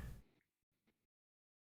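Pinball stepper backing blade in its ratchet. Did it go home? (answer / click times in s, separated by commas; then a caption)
no / none. A pinball stepper mechanism is moved by hand too slowly, so its backing blade does not snap into its ratchet. A loud, broad rush opens the clip and fades by about 0.3 s, followed by faint rustling, a brief gap, a soft low bump near 0.9 s, and silence from about 1.1 s. Nothing has clicked or seated yet.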